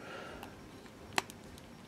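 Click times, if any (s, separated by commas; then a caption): 1.2 s. A removable oversized plastic fist is pushed back onto an action figure's arm and snaps into place with one sharp, bright click at 1.2 s. Fainter small ticks come at about 0.4 s, 1.3 s and 1.6 s over a low, steady background. The fist ends up seated on the arm.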